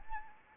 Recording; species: mosquito wingbeat signal from an infrared sensor; Anopheles arabiensis